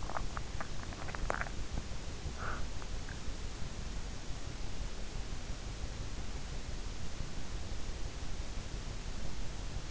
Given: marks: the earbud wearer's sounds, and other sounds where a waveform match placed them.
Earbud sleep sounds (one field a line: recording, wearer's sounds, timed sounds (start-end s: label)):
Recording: sounds in sleep by an in-ear microphone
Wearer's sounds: teeth grinding, breath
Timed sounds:
0.00-1.69 s: teeth grinding
2.14-2.89 s: breath